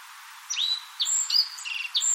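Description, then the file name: Black-faced bunting giving a brief series of high, thin whistled notes, the first sliding down and the rest short and buzzy-edged. "aoji"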